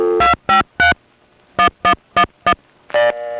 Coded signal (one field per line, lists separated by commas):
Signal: DTMF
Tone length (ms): 100 ms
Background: music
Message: 253 1111